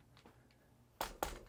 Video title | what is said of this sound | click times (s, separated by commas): Best Monopod for Wildlife Photography? Ifootage Compared | it locks into place. | 1.0 s, 1.2 s